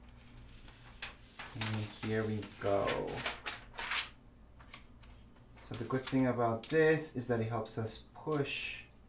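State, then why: Not seated. A glass screen protector held in an alignment kit is pushed down onto an iPad screen while someone talks, with a few faint handling taps and knocks. Nothing has snapped or seated into place yet.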